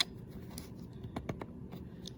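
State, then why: Not seated. The plastic door lock on the canister body of an Oreck Commercial XL Pro 5 Super Compact bagged canister vacuum cleaner is worked by hand, giving a few short, light taps and clacks near 0.0, 0.6, 1.2, 1.3 and 2.1 seconds over a quiet background. The lock does not click into place or stay latched.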